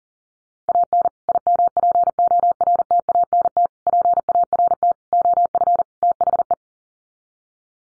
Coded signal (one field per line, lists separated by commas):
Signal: Morse code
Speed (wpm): 40 wpm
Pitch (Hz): 700 Hz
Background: none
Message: AN IMPORTANT PART OF THE